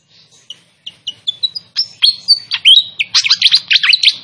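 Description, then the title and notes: Fantail song opening with spaced, clear whistled notes that come quicker and louder, building into a dense, tumbling stream of high chirps and slurred twitters. Training recording (masteran) used to teach song; clear voice. "Masteran Sikatan Kipas Suara Jernih Dan Suara Gemericik Air. Suara Burung Sikatan Londo"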